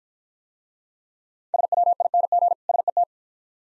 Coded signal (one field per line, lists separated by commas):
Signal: Morse code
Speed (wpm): 49 wpm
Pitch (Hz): 700 Hz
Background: none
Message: SWING SET